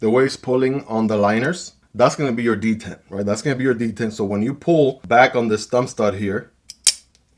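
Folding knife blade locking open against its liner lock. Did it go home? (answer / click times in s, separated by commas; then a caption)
yes / 6.9 s. Someone talks while pulling back on the thumb stud of a Winterbladeco X-Folder button-lock folding knife, whose magnet pulls on the liners to act as the detent. The steel blade swings open and locks in place against its liner lock with a sharp metallic snap at 6.9 s.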